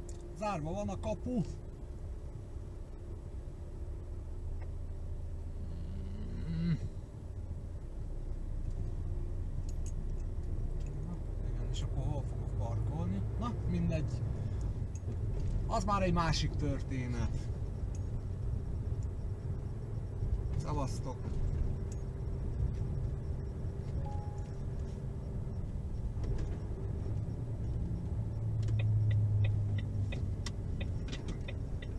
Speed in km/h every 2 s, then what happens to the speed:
1, 0, 0, 0, 0, 11, 16, 18, 18, 19, 20, 21, 19, 18, 16, 14.
0-8 standing. 8-14 pulls away to 18. 14-23 steady at about 19. 23-32 slows to 14.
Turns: none.